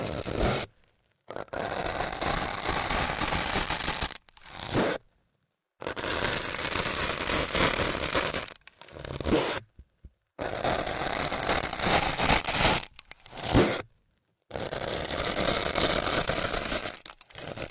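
Ear cleaning massage: dense rough rubbing and scraping in bursts of two to four seconds, separated by brief silent gaps, bright and crackly.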